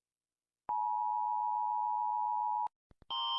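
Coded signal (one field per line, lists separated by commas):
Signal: Emergency Alert System (SAME) tones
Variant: 853 and 960 Hz attention tone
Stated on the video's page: Simulated fictional EAS alarms made with Gacha Club.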